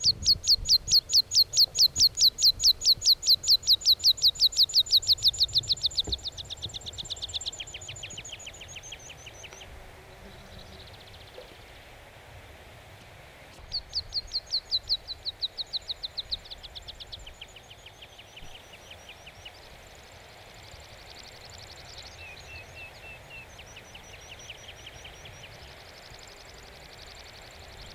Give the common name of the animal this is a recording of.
Meadow Pipit